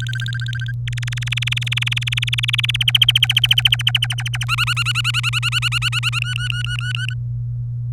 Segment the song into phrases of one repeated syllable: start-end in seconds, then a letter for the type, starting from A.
0.00-0.71 A, 0.87-2.76 B, 2.80-4.45 C, 4.48-6.19 D, 6.22-7.14 E